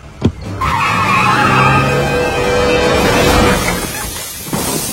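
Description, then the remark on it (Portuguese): A short knock, then a car's engine roars while tires squeal in a long, high, wavering skid lasting several seconds, loud throughout before easing off near the end. “Por favor, qual o Alce que não sabe dirigir um carro?”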